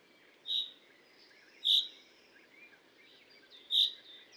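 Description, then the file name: Common chaffinch calls: three short, sharp, high notes spaced about one to two seconds apart, with faint thin chirps between them over steady background hiss. "Fringilla coelebs"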